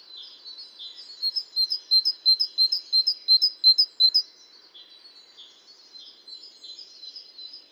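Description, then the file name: Great tit delivering a brisk series of high paired notes about three per second, then fading into softer, scattered twitters. "Parus major"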